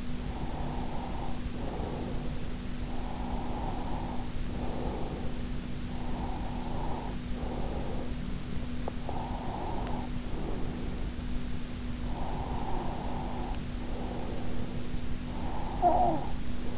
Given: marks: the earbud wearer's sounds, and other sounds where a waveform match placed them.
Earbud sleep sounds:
sounds in sleep by an in-ear microphone; breath, talking in sleep
0.32-2.66 s: breath
3.10-11.15 s: breath
12.06-14.90 s: breath
15.45-16.66 s: talking in sleep

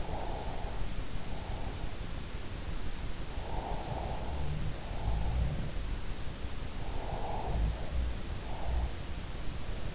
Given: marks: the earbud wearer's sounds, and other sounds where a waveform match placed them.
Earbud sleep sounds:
sounds in sleep by an in-ear microphone; snoring breath, breath
0.00-1.65 s: snoring breath
3.40-3.93 s: breath
3.93-5.92 s: sound from someone else or the room
7.29-9.19 s: sound from someone else or the room

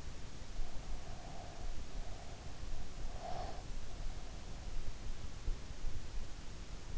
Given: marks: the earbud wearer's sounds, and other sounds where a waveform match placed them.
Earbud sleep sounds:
sounds in sleep by an in-ear microphone; breath
0.75-5.30 s: breath

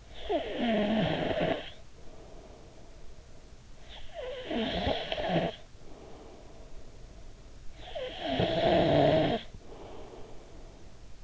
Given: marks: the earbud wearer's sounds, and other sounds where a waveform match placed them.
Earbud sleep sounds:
sounds in sleep by an in-ear microphone; snoring breath
0.00-7.55 s: snoring breath
7.67-11.24 s: snoring breath

